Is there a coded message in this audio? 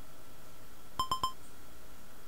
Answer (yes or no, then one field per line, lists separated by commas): no